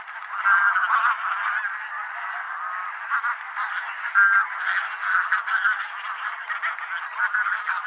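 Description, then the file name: Taiga bean goose flock honking without pause, layered nasal calls forming a dense babble with several louder honks standing out at intervals. Subspecies Anser fabalis fabalis. "Patrik berg - Gumennik Anser fabalis fabalis"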